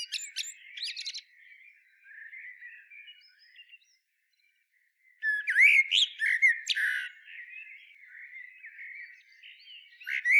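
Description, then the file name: Common blackbird song: soft warbled phrases with high chattering twitters, a short silence, then a louder burst of fluted notes and squeaky trills. "Turdus merula"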